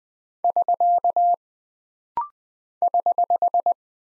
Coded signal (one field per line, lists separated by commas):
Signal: Morse code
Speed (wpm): 20 wpm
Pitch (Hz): 700 Hz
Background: none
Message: <SK> <HH>